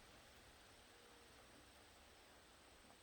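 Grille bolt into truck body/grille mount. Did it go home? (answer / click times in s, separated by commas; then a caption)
no / none. A bolt is being started into the grille mount on the truck body while a new grille is fitted to a K5 Blazer, but it keeps spinning without biting into the threads. Only a steady, broadband hiss with faint rustling is heard, with no distinct click or seating sound. Nothing has caught or seated yet: the bolt fails to catch the thread.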